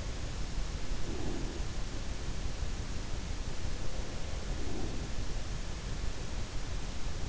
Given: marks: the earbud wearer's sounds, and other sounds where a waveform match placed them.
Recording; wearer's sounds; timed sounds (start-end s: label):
sounds in sleep by an in-ear microphone; breath
0.00-1.65 s: sound from someone else or the room
1.00-1.65 s: breath
3.61-5.54 s: sound from someone else or the room
4.31-5.29 s: breath